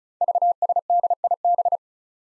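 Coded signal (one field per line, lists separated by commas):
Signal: Morse code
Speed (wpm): 36 wpm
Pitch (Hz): 700 Hz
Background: none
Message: VSDIB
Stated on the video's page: Code drill at 35 wpm of five-character groups of easily confused letters and numbers, each sent, spoken, then sent again.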